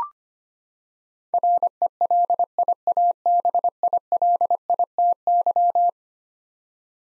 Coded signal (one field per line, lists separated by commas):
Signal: Morse code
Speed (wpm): 25 wpm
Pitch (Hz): 700 Hz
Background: none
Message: RELIABILITY